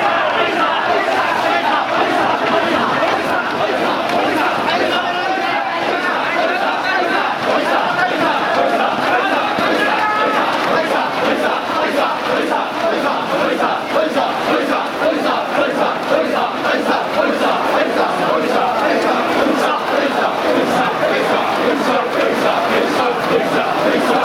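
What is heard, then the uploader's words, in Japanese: Oi-yamakasa festival on Higashimachi street: a dense crowd of voices shouts and chants without pause, rhythmic calls rising over a steady roar. The level stays high and even for the whole stretch, with quick overlapping cries and no quiet moments. 一番山笠 中洲流 追い山笠(東町筋)。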